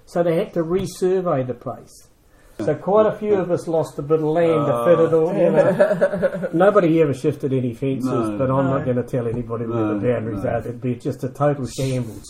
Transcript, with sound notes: So they had to resurvey the place, so quite a few of us lost a bit of land to fit it all in. [Chuckle] Nobody ever shifted any fences, but I’m not going to tell anybody where the boundaries are – there’d be just a total shambles.